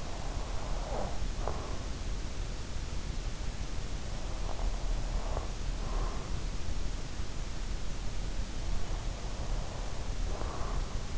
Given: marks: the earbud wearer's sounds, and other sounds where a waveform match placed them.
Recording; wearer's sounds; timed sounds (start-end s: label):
sounds in sleep by an in-ear microphone; breath
0.00-1.97 s: breath
4.38-6.34 s: breath
8.82-11.18 s: breath